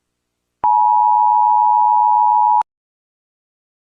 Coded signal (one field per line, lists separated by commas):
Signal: Emergency Alert System (SAME) tones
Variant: 853 and 960 Hz attention tone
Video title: EAS Scenario SCP 1461 emergency instructions